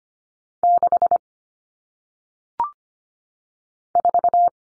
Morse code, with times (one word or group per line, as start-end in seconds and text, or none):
0.6-1.2 6
4.0-4.5 4